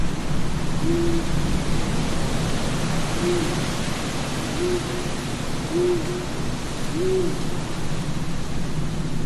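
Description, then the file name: Owl hoots, five short low hollow notes, each slightly arched, spaced a second or more apart over a constant rushing wind. Night graveyard ambience with wind and an owl; horror sound effect. "zapsplat. horror gravyard ambience night wind owl church bell"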